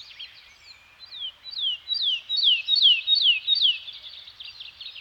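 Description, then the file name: Bird song made of clear, high slurred whistles, each falling in pitch, repeated in a rhythmic run. Scandinavian forest soundscape with birds singing. "Nature Soundscape - Scandinavian Forest Environment with Birds Singing"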